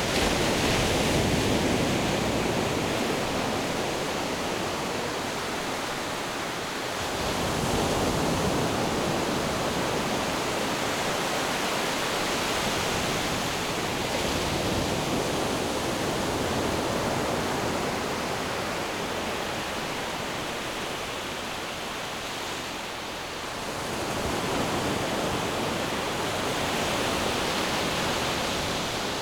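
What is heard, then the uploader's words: Ocean waves roll onto the shore in a dense, continuous hiss of rushing water that never fully drops away. The sound swells into louder surges around 7 seconds and again near 23 seconds, easing slightly between them. Ocean Waves Coming Onto the Shore.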